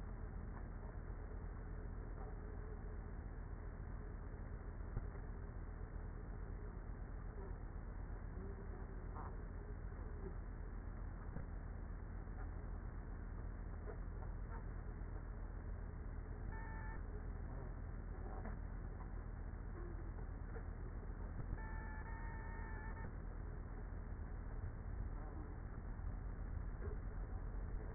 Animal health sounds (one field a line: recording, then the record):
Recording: honeybee colony, microphone inside the hive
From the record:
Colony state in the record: queenless with a low population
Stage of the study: after two queens were removed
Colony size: about 30,000 bees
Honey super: no